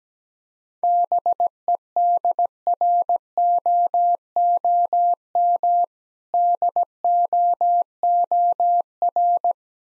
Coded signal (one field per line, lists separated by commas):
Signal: Morse code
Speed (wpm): 17 wpm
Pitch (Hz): 700 Hz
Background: none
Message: BEDROOM DOOR